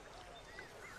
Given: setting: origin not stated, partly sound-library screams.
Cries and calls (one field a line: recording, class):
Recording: one-second piece from a danger detection set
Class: normal situation